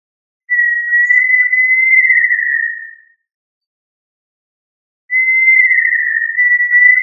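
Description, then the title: Tinamou giving two long, steady whistled notes, each gently rising then easing down, separated by a silent pause of about two seconds. "Familia Tinamidae - Quail - Puyuh"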